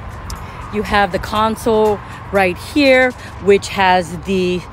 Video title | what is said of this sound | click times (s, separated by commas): 2022 Sea-Doo SWITCH Walk-around Tour | stuff down or strapping stuff down it just clicks right in | 0.3 s